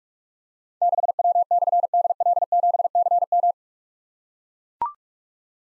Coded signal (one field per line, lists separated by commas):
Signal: Morse code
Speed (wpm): 44 wpm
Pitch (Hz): 700 Hz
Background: none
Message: 6W/DL7CM